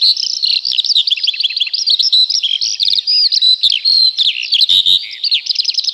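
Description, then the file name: Eurasian skylark singing a continuous, hurried warble of twittering notes, short buzzy trills and sliding whistles with barely any pause. "skylark"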